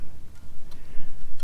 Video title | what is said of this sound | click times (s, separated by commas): Fire Maple Antarcti Cookset & Blue Ridge Broken Foot Adventure! | handle on top that locks into place as you can see there | 0.7 s, 1.4 s